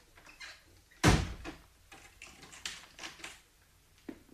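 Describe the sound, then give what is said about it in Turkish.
A door shuts with one heavy, loud thud, followed by a series of lighter clicks and rattles as the lock is worked, with no voices. “gazeteleri alıp kapıyı kilitle.”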